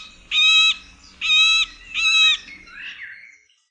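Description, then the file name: Middle spotted woodpecker uttering three evenly spaced, nasal, squeaky quacking notes, then a brief rougher high note before silence. "dzieciolsredni"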